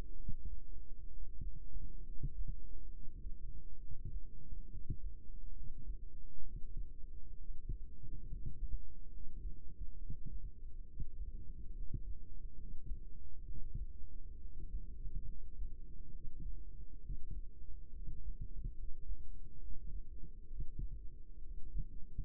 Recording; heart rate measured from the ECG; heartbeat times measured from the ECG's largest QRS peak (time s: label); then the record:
heart sounds by microphone in the right ear; 68 bpm
0.14 s: heartbeat
1.08 s: heartbeat
2.02 s: heartbeat
2.88 s: heartbeat
3.77 s: heartbeat
4.68 s: heartbeat
5.51 s: heartbeat
6.41 s: heartbeat
7.35 s: heartbeat
8.26 s: heartbeat
9.08 s: heartbeat
9.96 s: heartbeat
10.83 s: heartbeat
11.72 s: heartbeat
12.54 s: heartbeat
13.43 s: heartbeat
14.37 s: heartbeat
15.24 s: heartbeat
16.10 s: heartbeat
16.99 s: heartbeat
17.89 s: heartbeat
18.74 s: heartbeat
19.57 s: heartbeat
20.46 s: heartbeat
21.39 s: heartbeat
22.24 s: heartbeat
From the record:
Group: healthy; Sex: female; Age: 22 years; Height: 154 cm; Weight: 58.7 kg